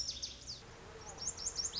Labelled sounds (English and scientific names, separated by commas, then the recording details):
Lazuli Bunting (Passerina amoena)
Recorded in Sonoma County, California